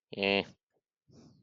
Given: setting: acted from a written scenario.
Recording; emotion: vocal sound without words; neutral